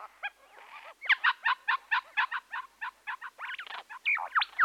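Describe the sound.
Bird calls: a quick run of evenly spaced, clipped nasal notes, followed by a squeaky, twittering jumble.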